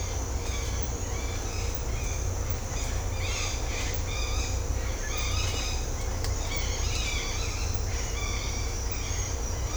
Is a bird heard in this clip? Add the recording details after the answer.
yes. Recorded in secondary vegetation near Puerto Asís, Putumayo, Colombia, on 18 December 2024 at 06:30. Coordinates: 0.502, -76.326. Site G028